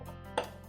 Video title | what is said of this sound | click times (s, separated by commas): Things You Must Know about Brother CS-6000i | when you heard that click right there now | 0.4 s